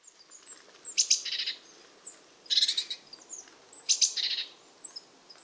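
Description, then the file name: Eurasian blue tit giving repeated churring calls, each a pair of piercing high notes then a rapid buzzy trill, three phrases spaced roughly one and a half seconds apart. "Cyanistes caeruleus"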